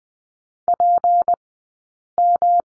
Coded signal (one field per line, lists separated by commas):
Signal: Morse code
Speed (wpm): 20 wpm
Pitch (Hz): 700 Hz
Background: none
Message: PM